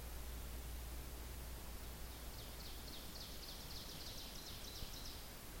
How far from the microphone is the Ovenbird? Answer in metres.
about 45 m